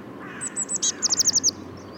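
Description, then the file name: Eurasian blue tit call: thin, very high notes, then a brief harsh burst and a quick run of six clipped notes, over a low steady background hum. "Cyanistes caeruleus"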